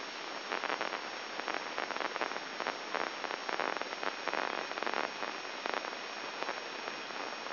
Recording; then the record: brain microelectrode recording played as sound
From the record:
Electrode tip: inside the subthalamic nucleus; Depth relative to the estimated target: -2 mm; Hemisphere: right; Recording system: AlphaMap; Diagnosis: Parkinson's disease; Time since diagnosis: 7 years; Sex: male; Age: 59 years